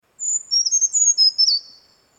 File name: Brown Creeper